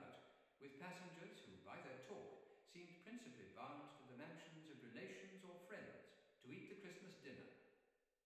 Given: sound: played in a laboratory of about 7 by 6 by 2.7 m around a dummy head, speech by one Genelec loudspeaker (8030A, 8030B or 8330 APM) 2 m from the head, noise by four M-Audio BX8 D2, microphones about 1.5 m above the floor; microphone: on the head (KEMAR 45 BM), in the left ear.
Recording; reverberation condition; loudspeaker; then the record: male speech in English; high; 150 degrees to the left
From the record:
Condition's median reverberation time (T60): about 1300 ms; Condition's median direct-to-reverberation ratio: about -4.0 dB